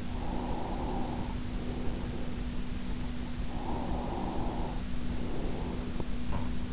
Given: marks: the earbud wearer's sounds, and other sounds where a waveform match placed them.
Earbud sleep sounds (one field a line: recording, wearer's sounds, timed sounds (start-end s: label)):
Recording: sounds in sleep by an in-ear microphone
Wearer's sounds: breath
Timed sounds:
0.06-2.94 s: breath
3.69-6.29 s: breath